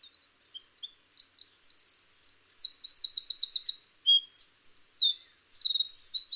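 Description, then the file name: Eurasian wren singing a hurried, high-pitched warble of chips and slurs, with a fast mechanical trill near the middle, over a quiet background. "Troglodytes troglodytes"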